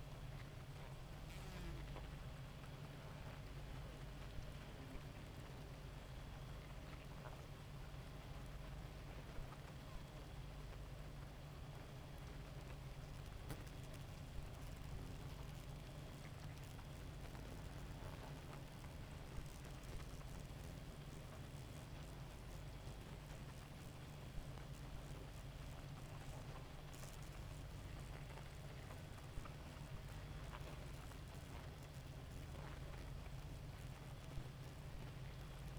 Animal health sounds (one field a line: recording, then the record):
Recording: honeybee colony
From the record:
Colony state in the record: active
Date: 28 July 2017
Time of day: 2:14